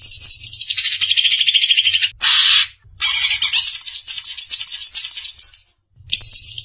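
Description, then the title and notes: Greater green leafbird song, high-pitched rapid chattering phrases with a buzzy burst and a string of quick repeated notes, broken by short pauses; faint low hum beneath. Champion songbird. "Kicau Burung Cucak Ijo Juara. Suara kicauan burung cucak ijo"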